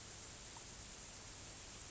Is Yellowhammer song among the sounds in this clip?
no